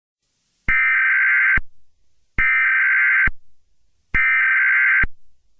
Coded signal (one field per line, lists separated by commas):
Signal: Emergency Alert System (SAME) tones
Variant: header bursts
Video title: EAS Scenario | Minions Invasion (#104)